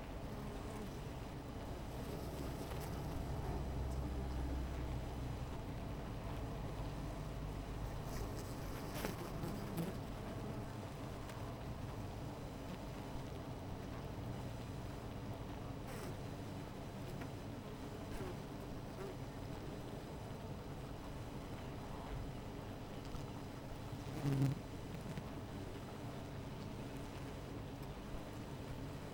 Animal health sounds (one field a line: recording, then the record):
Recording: honeybee colony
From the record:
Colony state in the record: missing queen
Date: 14 July 2017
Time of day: 16:33